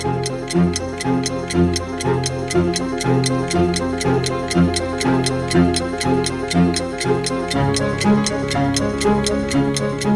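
A steady, rapid clock ticking, sharp regular clicks about four per second, runs over a looping melodic music bed with low repeating notes at an even, fairly loud level.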